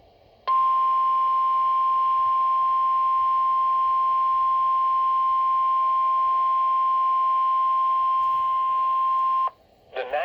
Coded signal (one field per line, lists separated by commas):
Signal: Emergency Alert System (SAME) tones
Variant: 1050 Hz attention tone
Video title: Severe Thunderstorm Warning (EAS #39)